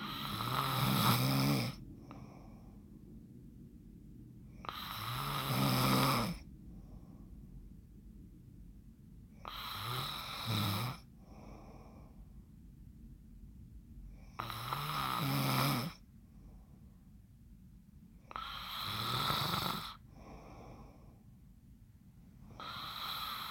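An adult snoring: loud, rattling snores that come about every four to five seconds, roughly 13 a minute, each with a low rumbling buzz. Quiet breathing fills the gaps between them.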